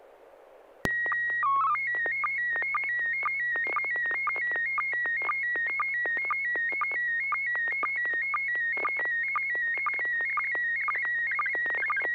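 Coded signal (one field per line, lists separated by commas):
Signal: SSTV (slow-scan television)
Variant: PD 120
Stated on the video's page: Heard during amateur radio SSTV net on FM repeater 441.300 MHz.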